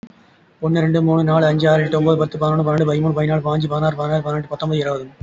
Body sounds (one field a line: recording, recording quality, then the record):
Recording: counting at a fast pace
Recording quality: excellent, no background noise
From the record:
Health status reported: recovered from COVID-19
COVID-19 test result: negative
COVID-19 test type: RT-PCR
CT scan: not taken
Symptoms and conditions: cough, cold, breathing difficulty, asthma, chronic lung disease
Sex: male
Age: 37 years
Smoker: yes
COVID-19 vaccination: both doses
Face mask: not worn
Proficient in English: no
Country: India